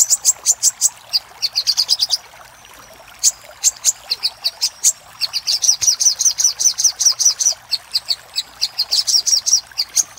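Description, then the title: Little spiderhunter song of rapid high chirps in bursts, a brief pause near two seconds, then long even trilled runs of sharp notes. Master recording used for training cage birds. "Sogok Ontong Labaik"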